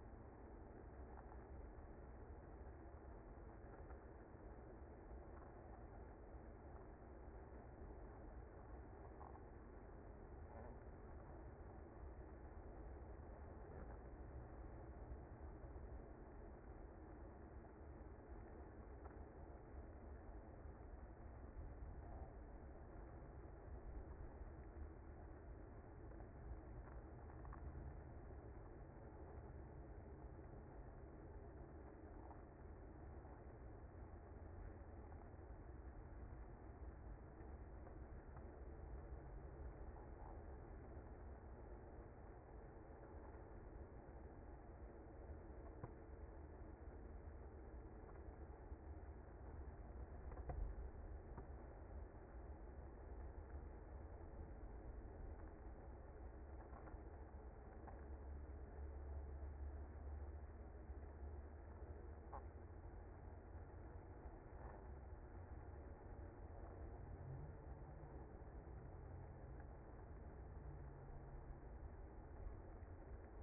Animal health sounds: honeybee colony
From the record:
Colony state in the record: active

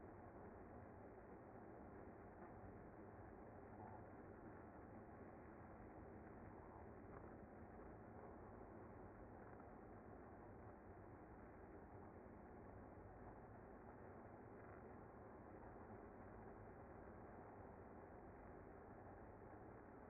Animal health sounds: honeybee colony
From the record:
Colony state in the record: active

